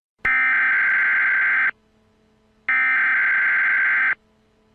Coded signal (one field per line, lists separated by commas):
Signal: Emergency Alert System (SAME) tones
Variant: header bursts